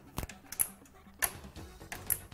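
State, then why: Seated. A CPU cooler is pressed down onto a motherboard, and its plastic push-pin mounts snap into the board's mounting holes. Sharp snaps are heard at 0.6 s, 1.2 s and 2.1 s among softer handling clicks. The cooler ends up seated and snapped into place.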